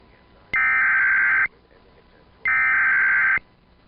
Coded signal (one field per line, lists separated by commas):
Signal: Emergency Alert System (SAME) tones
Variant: header bursts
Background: speech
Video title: EAS 18: WASHINGTON D.C. AMBER CHILD ABDUCTION ALERT